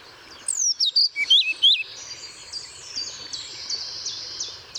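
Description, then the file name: European pied flycatcher: one brief burst of high, see-sawing notes at the start, followed by softer twittering and thin whistles from other birds. Recorded at Paehl on 1 May 2014. "Trauerschnaepper 01 05 2014 Paehl WM Michle Pron"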